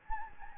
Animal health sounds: mosquito wingbeat signal from an infrared sensor; Anopheles gambiae

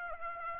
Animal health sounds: mosquito wingbeat signal from an infrared sensor; Aedes aegypti

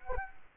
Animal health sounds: mosquito wingbeat signal from an infrared sensor; Culex quinquefasciatus

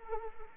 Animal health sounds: mosquito wingbeat signal from an infrared sensor; Anopheles arabiensis

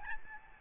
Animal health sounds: mosquito wingbeat signal from an infrared sensor; Aedes albopictus

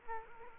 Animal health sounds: mosquito wingbeat signal from an infrared sensor; Culex quinquefasciatus

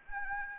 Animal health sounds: mosquito wingbeat signal from an infrared sensor; Anopheles gambiae

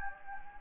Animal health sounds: mosquito wingbeat signal from an infrared sensor; Anopheles gambiae

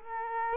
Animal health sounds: mosquito wingbeat signal from an infrared sensor; Aedes aegypti

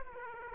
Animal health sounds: mosquito wingbeat signal from an infrared sensor; Aedes aegypti

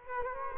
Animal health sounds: mosquito wingbeat signal from an infrared sensor; Culex quinquefasciatus

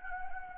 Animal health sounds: mosquito wingbeat signal from an infrared sensor; Anopheles gambiae

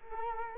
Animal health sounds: mosquito wingbeat signal from an infrared sensor; Culex quinquefasciatus

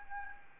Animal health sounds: mosquito wingbeat signal from an infrared sensor; Aedes albopictus

